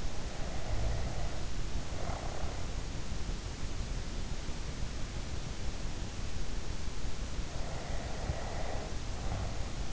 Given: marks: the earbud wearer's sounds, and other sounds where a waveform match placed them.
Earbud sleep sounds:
sounds in sleep by an in-ear microphone; snoring breath
0.00-2.75 s: snoring breath
7.52-9.79 s: snoring breath

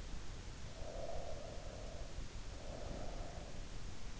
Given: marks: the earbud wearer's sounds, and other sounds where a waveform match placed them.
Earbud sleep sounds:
sounds in sleep by an in-ear microphone; breath
0.59-3.46 s: breath

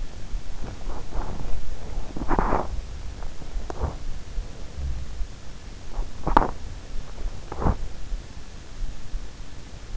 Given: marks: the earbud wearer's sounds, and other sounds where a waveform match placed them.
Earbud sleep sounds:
sounds in sleep by an in-ear microphone; body movement
0.00-8.24 s: body movement

